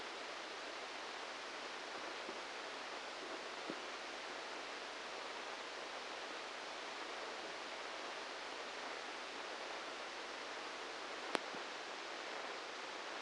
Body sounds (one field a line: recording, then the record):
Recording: brain microelectrode recording played as sound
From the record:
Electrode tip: outside the subthalamic nucleus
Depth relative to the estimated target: -5 mm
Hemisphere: right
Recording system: NeuroSet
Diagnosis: Parkinson's disease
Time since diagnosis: 8 years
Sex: male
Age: 58 years